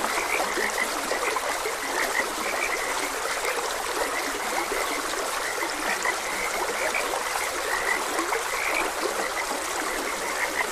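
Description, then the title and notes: Many frogs croak together in a continuous chorus, scattered bright notes recurring, above steadily running stream water. Frogs croaking beside a gentle stream. "Gentle Stream and Frogs Croaking. Sleep and Relaxation Podcast"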